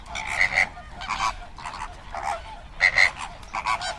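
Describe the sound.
Flamingo calls: repeated nasal honks in irregular short bursts, some louder than others.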